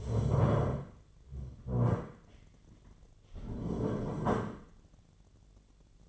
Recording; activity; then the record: daily activity, microphone in the room; stand up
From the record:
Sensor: 4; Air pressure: 1008.7 hPa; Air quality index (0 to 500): 170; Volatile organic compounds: 5 ppm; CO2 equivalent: 1710 ppm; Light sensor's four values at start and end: 23/72/27/26 and 23/72/27/26